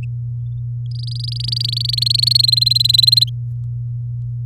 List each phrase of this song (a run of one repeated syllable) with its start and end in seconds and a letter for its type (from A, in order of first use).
0.91-1.95 A, 1.97-3.24 B